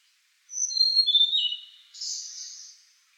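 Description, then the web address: Blue-and-white flycatcher song, a phrase of clear high whistled notes stepping downward, ending in a softer buzzy scratchy flourish. Recorded 14 April 2015. "birdenaga ooruri S 150414"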